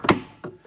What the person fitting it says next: You hear that click? That means it came out.